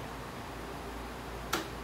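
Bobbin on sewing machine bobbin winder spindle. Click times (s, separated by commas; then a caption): 1.5 s. A bobbin seated on a sewing machine's bobbin winder spindle is slid over to the right until the winder engages. Low steady background hum is heard, then a single sharp, bright click at 1.5 s as the winder clicks into its engaged winding position, showing it is in the right position to wind the bobbin.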